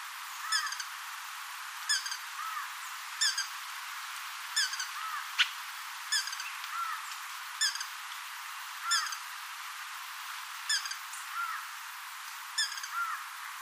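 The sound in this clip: Brazilian ruby calling with thin, high chips, often in short pairs, spaced roughly a second or more apart against a steady hiss.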